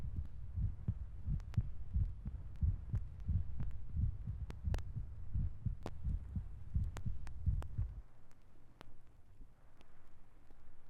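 Low thumping heartbeats at about 87 a minute, fading after eight seconds; a sound effect.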